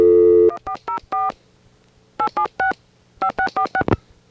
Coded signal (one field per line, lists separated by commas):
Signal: DTMF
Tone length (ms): 90 ms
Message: 1404 876 5646